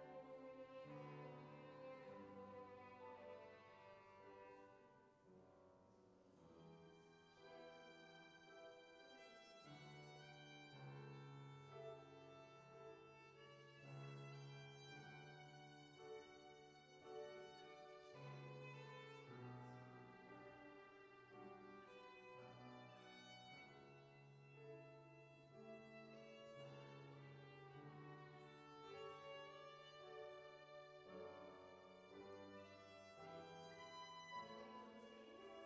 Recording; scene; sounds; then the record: everyday scene through a hearing-aid microphone; reverberant space; music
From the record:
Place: church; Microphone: behind the ear, right, front